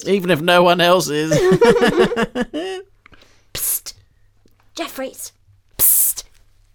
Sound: whispering from doorway